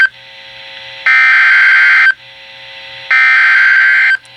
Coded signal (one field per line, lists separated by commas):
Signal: Emergency Alert System (SAME) tones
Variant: header bursts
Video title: EAS alerts 236-249 from 2018